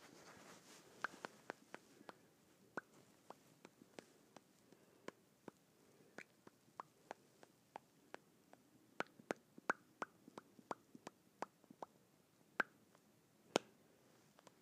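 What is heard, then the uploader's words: Lips smacking together in a loose, irregular series of short, wet pops, roughly two or three each second, with a few brief gaps. Some smacks land sharper and louder, notably near 12.5 and 13.5 seconds, over a faint, soft hiss. ASMR Smacking my Lips Together.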